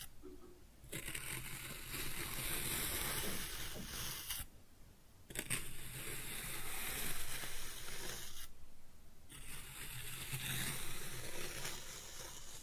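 Kinetic sand is scooped and cut in three long grainy passes of dense hissing crunch, each separated by a brief quiet pause.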